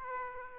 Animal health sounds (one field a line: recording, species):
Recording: mosquito wingbeat signal from an infrared sensor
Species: Aedes aegypti